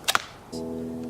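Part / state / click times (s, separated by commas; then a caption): fixed-blade knife into plastic sheath / seated / 0.1 s. A Mora fixed-blade knife is pushed into its plastic sheath, and the retention catches with a sharp click at 0.15 s, just after a softer tap. The knife is seated in the sheath, and a steady low tone follows from about 0.5 s to the end.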